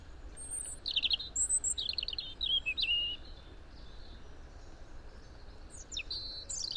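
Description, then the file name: European robin song: phrases of high, thin, varied notes, a pause, then a few more thin notes near the end. "Erithacus rubecula"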